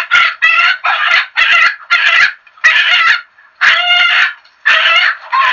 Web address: Chicken -Chickens